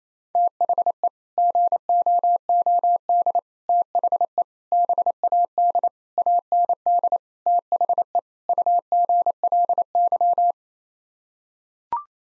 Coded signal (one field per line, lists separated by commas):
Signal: Morse code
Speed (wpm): 28 wpm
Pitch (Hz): 700 Hz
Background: none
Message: THE GOOD THE BAD AND THE UGLY